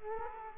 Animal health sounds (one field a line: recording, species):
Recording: mosquito wingbeat signal from an infrared sensor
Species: Culex quinquefasciatus